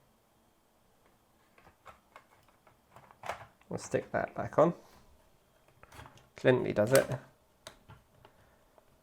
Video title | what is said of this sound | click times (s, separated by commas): Accurascale Class 60 - Squeak Issue Fix - Repair | There we are, it's a real positive click. | 7.7 s